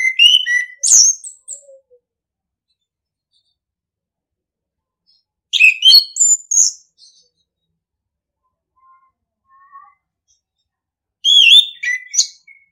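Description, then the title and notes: Orange-headed thrush song in three rich, varied phrases of quick whistles and sharp chirps, spaced roughly five seconds apart, with a few soft low notes between them. Training song (masteran) in the ngeplong style. "ANIS KEMBANG NGEPLONG. Masteran Anis Kembang"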